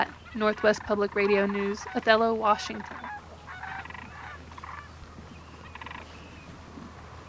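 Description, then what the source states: Sandhill Cranes giving loud, rolling, harmonic calls in a quick burst over the first three seconds, followed by fainter calls. Sandhill cranes at a spring migration stopover near Othello, central Washington; warm weather this year may have made them migrate earlier.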